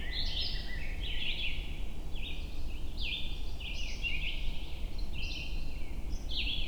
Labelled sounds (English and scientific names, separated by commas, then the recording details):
Red-eyed Vireo (Vireo olivaceus) song
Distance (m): 25 m
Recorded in boreal forest in Alberta, Canada, on 23 June 2016 at 05:35
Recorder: SongMeter 3, array SBT-6-76
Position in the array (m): 181 m, 88 m